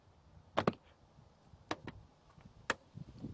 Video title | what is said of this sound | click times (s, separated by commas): Toyota Tacoma/4Runner Illuminated Door Sill Light | The first thing I do is kind of line up the clips a little bit, and you hear it pop, | 0.7 s, 1.7 s, 2.7 s